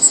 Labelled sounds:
Black-and-white Warbler flight call

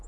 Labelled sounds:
Hermit Warbler flight call

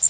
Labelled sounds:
Blackpoll Warbler flight call

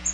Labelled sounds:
Bay-breasted Warbler flight call

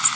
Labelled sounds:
Blackburnian Warbler flight call

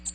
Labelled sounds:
American Redstart flight call

